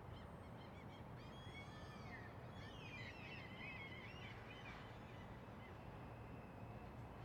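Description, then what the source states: Gull calls, several birds crying at once in overlapping yelps and squeals for a few seconds, then fading, with a constant low rumble of background noise. Seagulls calling at a distance.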